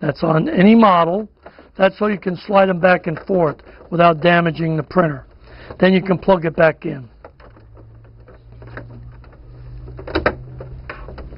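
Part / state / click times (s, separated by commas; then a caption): ink cartridge into printer carriage / seated / 10.3 s. Someone talks, then a CIS continuous-ink-supply cartridge for an HP Envy printer using HP 61 cartridges is pushed into the printer carriage after the carriage has been moved across. Quiet handling sounds follow, and the cartridge snaps home into the carriage with a sharp click at 10.3 s.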